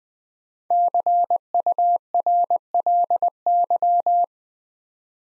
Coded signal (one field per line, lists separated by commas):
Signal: Morse code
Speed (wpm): 20 wpm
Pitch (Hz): 700 Hz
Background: none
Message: CURLY